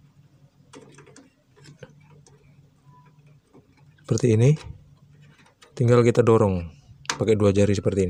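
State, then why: Not seated. A RAM module is held over a motherboard DIMM slot with its notch lined up to the slot key, ready to be pushed in. Small faint ticks are heard near 1.2 s and 1.8 s, then someone talks. Nothing has seated or clicked yet.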